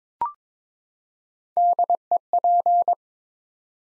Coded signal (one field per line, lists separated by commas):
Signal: Morse code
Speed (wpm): 22 wpm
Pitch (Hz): 700 Hz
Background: none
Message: DEP